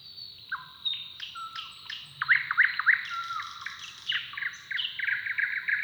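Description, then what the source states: Bird song with varied whistled notes, rising slurs and short trills overlapping in quick succession, with a faint steady high tone in the background. Song duel between neighbouring males.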